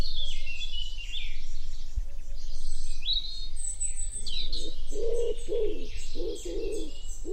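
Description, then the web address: Common wood pigeon cooing, a series of low hollow coos in the second half, beneath a dense chorus of high chirping and trilling songbirds. "cianscape. Deverinetal. Bird Only"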